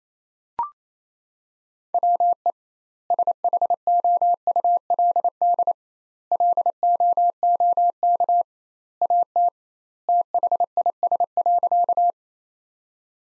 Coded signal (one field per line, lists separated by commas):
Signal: Morse code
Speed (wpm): 28 wpm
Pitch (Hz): 700 Hz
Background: none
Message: WE SHOULD LOOK AT THIS.